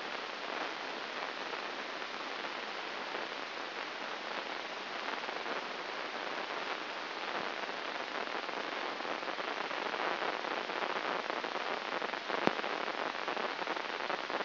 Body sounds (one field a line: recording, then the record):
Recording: brain microelectrode recording played as sound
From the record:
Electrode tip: inside the subthalamic nucleus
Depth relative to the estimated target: 0 mm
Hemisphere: left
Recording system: AlphaMap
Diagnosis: Parkinson's disease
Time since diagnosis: 9 years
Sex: male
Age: 68 years